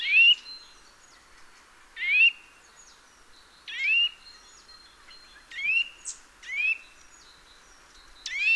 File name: Sitta europaea